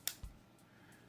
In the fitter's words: at all all you do is you just push it in here and push till click you hear click and it's